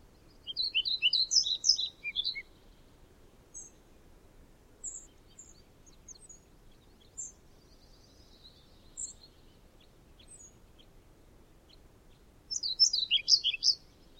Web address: Aktivitetsbanken. Fuglelyder Svarthvit fluesnapper